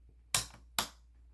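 A RAM module being reseated into a motherboard memory slot in a Dell OptiPlex 7050, since it probably came loose during shipping, gives two sharp, loud clicks at 0.4 s and 0.8 s as both retention latches pop up. The module is seated, with the tabs tight.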